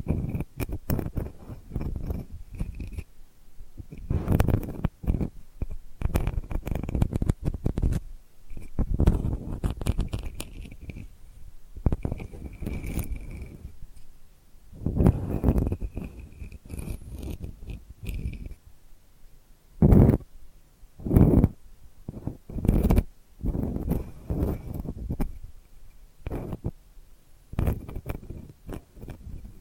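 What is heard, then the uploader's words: Delicate scratching comes in soft, dry bursts, each lasting a second or two with short pauses between. A thin, high tone hovers faintly through much of it, and a few sharper, brighter scrapes stand out around the twenty-second mark. ASMR Delicate Scratching for Sleep (No Talking).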